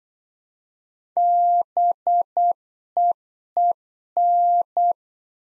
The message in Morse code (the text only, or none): BEEN